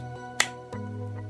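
A clear plastic protective shell, the second controller case piece, is pressed onto the other detachable game controller and seats with a sharp, bright click at 0.4 s. A softer, duller knock follows at about 0.7 s over steady background music. The shell clips on and is seated.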